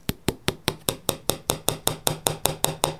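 A hammer taps single-use Argentine pins through the felt and the hat form to hold the work in place while a milliner makes a hat, in a steady, quick rhythm, about fifteen sharp knocks in three seconds, each a bright crisp strike with a short ring. No one speaks.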